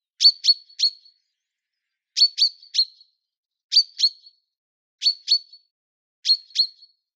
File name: Vink Wageningen Noordwest 20 december 2021 10 uur 17